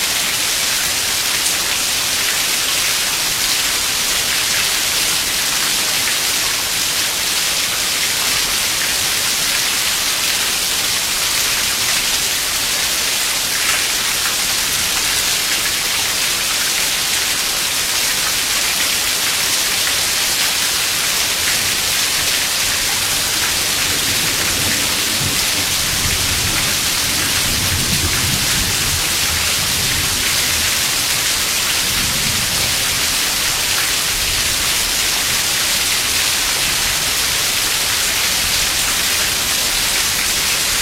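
Rain recorded from under the eaves, a steady, dense hiss of falling drops that holds evenly throughout, bright and full. From about 24 to 33 seconds a low rumble swells underneath, like thunder, then fades back into the constant rain.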